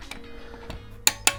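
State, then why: Torque reached. A click-type torque wrench tightens a rear wheel bolt on a BMW GS Adventure motorcycle and reaches its setting. After a quiet stretch with a few faint taps, it gives a sharp double click at 1.1 s and 1.3 s. The bolt is confirmed torqued to the set value.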